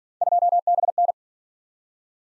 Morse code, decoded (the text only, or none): 2BN